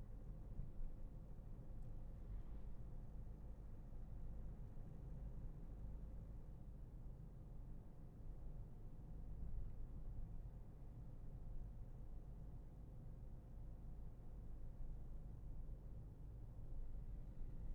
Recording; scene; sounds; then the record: everyday scene through a hearing-aid microphone; in a vehicle; engine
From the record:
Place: Berlingo II, diesel engine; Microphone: behind the ear, left, rear